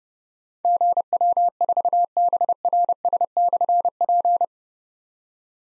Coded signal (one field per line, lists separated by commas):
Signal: Morse code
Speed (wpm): 30 wpm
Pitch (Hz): 700 Hz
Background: none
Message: GW4BRS/P